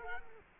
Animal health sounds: mosquito wingbeat signal from an infrared sensor; Culex quinquefasciatus

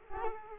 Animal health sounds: mosquito wingbeat signal from an infrared sensor; Culex quinquefasciatus

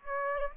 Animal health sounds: mosquito wingbeat signal from an infrared sensor; Aedes aegypti

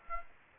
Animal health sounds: mosquito wingbeat signal from an infrared sensor; Aedes aegypti

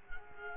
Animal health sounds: mosquito wingbeat signal from an infrared sensor; Culex quinquefasciatus

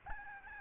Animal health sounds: mosquito wingbeat signal from an infrared sensor; Aedes albopictus

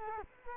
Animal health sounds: mosquito wingbeat signal from an infrared sensor; Culex quinquefasciatus

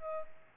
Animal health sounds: mosquito wingbeat signal from an infrared sensor; Aedes aegypti

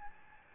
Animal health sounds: mosquito wingbeat signal from an infrared sensor; Aedes albopictus

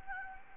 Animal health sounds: mosquito wingbeat signal from an infrared sensor; Anopheles gambiae

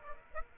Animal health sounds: mosquito wingbeat signal from an infrared sensor; Aedes aegypti

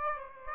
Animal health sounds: mosquito wingbeat signal from an infrared sensor; Aedes aegypti

